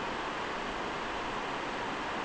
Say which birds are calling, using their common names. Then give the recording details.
none. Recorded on Arctic tundra, site NAIT-1, on 29 June 2018. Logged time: 01:00